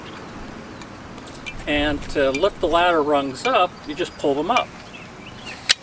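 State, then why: Seated. A telescopic ladder section is pulled up by hand, and its rung latch locks into place with a sharp click at 5.7 s. Someone talks before the click.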